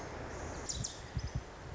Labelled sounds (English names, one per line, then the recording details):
Pacific Wren
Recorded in Sonoma County, California